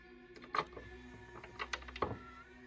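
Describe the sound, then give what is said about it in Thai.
A room door opens as someone comes into the room, with a few sharp mechanical clicks and a brief squeak of the latch, spread over a couple of seconds against a low steady hum. “บีมกำลังนอนหลับฝันดีเป็นต้องสะดุ้งตื่นเพราะเสียงเปิดประตูห้องเข้ามา”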